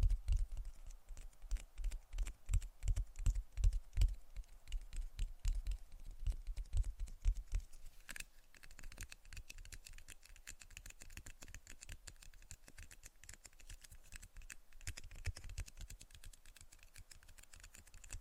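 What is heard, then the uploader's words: Tapping and scratching, with dense, quick clicks and knocks like fingers on a keyboard. The first eight seconds are busier, with heavier low thumps; after a sharp click near eight seconds the tapping turns lighter and softer, building slightly again near the end. ASMR Tapping and Scratching for Sleep (No Talking).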